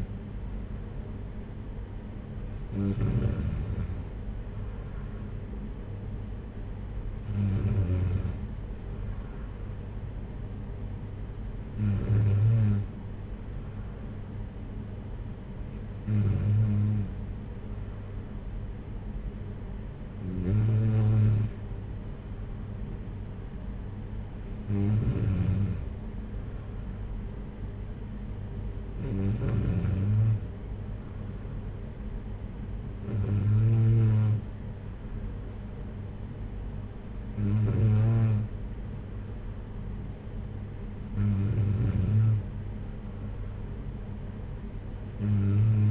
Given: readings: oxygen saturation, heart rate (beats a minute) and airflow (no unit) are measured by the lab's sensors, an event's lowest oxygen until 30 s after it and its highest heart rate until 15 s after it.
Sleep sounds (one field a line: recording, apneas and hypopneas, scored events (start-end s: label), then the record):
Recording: breathing in sleep by a smartphone at the bedside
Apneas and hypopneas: none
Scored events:
none scored
From the record:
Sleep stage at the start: N2 (light sleep)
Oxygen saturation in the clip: 93 to 94%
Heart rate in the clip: 56 to 58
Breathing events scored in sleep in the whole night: 226 in 8.8 hours asleep